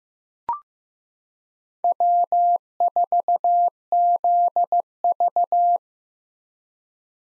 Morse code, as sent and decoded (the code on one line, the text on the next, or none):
.-- ....- --.. ...-
W4ZV